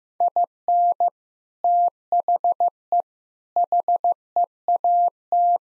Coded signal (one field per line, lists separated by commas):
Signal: Morse code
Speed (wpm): 16 wpm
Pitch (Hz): 700 Hz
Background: none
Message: IN THE HEAT